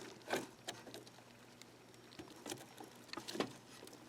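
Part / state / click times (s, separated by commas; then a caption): memory module into motherboard DIMM slot / not seated / none. A DDR4 memory stick is lined up by its key groove and handled against the motherboard DIMM slot of an HP Pavilion i3 desktop during an upgrade to 32 GB. Soft scraping and tapping sounds land at about 0.3, 0.7, 2.5, 3.1 and 3.4 s over a faint background hum. Nothing has seated or clicked yet.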